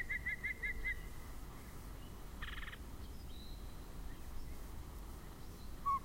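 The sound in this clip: Yellow-breasted chat opening with a quick run of five clear whistled notes, then one harsh buzzy burst, with a low hum throughout.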